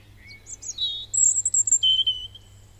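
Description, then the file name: European robin song: clear, thin whistled notes leaping between pitches, with a sharp high trill near the middle and a falling sweet note to end, over a faint low hum. "Erithacus rubecula"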